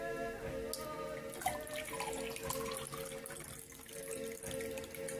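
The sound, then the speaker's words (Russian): Water pours steadily into a glass with a small stone placed in it, a bright, continuous splashing stream with rising ringing tones as the vessel fills, with no voices over it. “Берете следующий стакан. Работаем с нави. То же самое. Камешек сюда. Наливаете воду.”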